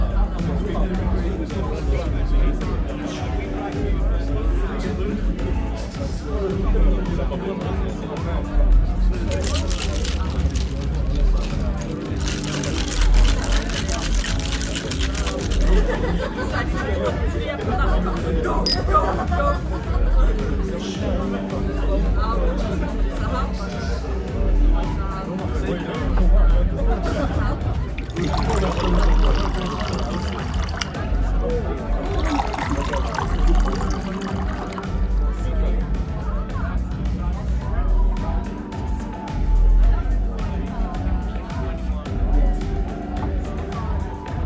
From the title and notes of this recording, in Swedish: Baren. En timme sorlande barljud.